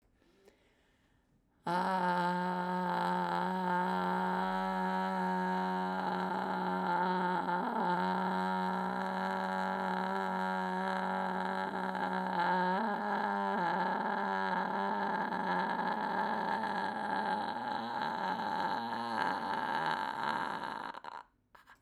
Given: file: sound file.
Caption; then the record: Voice recording during a sustained vowel /a/ before stromal vascular fraction injection: hoarse, unstable, and slightly breathy voice.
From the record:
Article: Autologous adipose-derived stromal vascular fraction and scarred vocal folds: first clinical case report